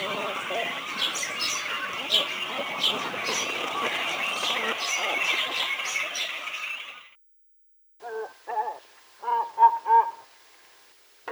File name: Phalacrocorax carbo